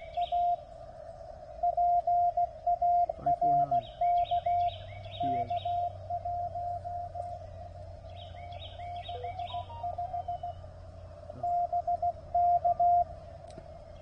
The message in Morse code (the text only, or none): A PARK K1 65 BK